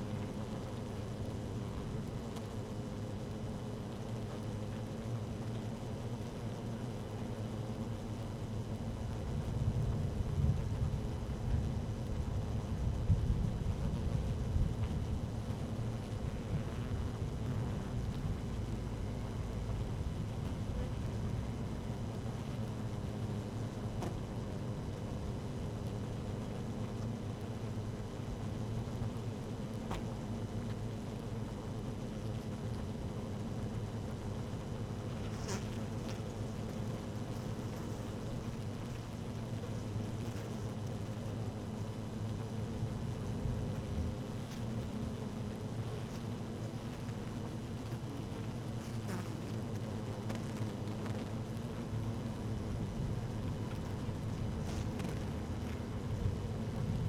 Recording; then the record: honeybee colony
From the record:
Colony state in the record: active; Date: 12 June 2018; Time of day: 13:55